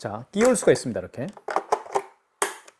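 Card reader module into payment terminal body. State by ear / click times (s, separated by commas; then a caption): seated / 2.4 s. A detachable plastic card-reader module is pushed into its slot on a KIS-2420 wireless card payment terminal while someone talks. It snaps home with a sharp click at 2.4 s, and the module is seated. If the module breaks, only it needs replacing.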